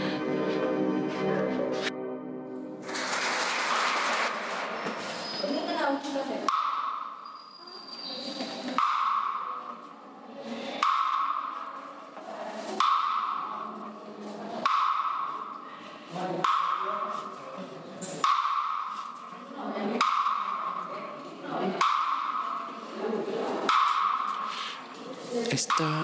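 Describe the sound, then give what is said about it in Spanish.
The natural reverberation of the hallway of Secondary School No. 20: after a brief tone and a wash of noise, sharp ringing hits repeat about every two seconds, each leaving a bright, lingering echo tail. “La reverberación natural del pasillo de la escuela secundaria número 20.”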